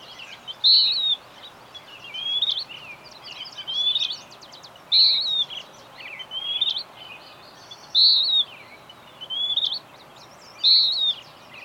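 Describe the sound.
Bird song: repeated high whistles, a loud slurred note returning every few seconds between quieter twittering phrases, with background hiss throughout.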